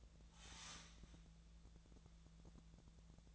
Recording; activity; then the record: daily activity, microphone in the room; start toaster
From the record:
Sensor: 3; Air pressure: 1000.3 hPa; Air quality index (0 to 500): 152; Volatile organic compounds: 3 ppm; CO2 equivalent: 1343 ppm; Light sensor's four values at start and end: 37/94/39/42 and 37/94/39/42